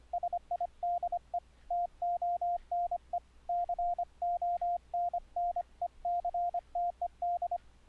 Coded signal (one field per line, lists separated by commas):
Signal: Morse code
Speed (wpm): 25 wpm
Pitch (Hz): 700 Hz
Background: radio noise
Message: SIDETONE CONNECTED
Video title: iCW - 2012 - How to send morse code over the internet on WINDOWS 7: THE BASIC SETUP